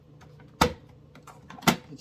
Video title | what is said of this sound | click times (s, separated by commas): Part 1: 2 Out of the 3 items, that is worth investing. | you hear a click click when you hear the clicking | 0.6 s, 1.7 s